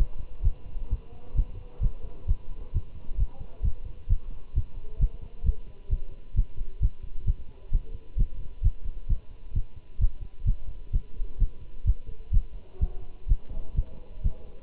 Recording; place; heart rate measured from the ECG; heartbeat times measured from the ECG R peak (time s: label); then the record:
heart sounds by stethoscope; between the tricuspid and mitral areas; 130 bpm
0.44 s: heartbeat
0.91 s: heartbeat
1.37 s: heartbeat
1.82 s: heartbeat
2.29 s: heartbeat
2.74 s: heartbeat
3.19 s: heartbeat
3.64 s: heartbeat
4.10 s: heartbeat
4.56 s: heartbeat
5.01 s: heartbeat
5.46 s: heartbeat
5.91 s: heartbeat
6.37 s: heartbeat
6.82 s: heartbeat
7.27 s: heartbeat
7.73 s: heartbeat
8.19 s: heartbeat
8.64 s: heartbeat
9.10 s: heartbeat
9.56 s: heartbeat
10.01 s: heartbeat
10.47 s: heartbeat
10.93 s: heartbeat
11.40 s: heartbeat
11.87 s: heartbeat
12.34 s: heartbeat
12.82 s: heartbeat
13.29 s: heartbeat
13.77 s: heartbeat
14.24 s: heartbeat
From the record:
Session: Bruce protocol treadmill stress test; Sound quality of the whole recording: good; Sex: male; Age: 25 years